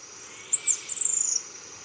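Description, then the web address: Ashy-headed tyrannulet: a very high, thin note quickly followed by a short, rapid trill, over a steady high drone. Recorded in Ecuador. "Birds of Ecuador Ashy-headed Tyrannulet"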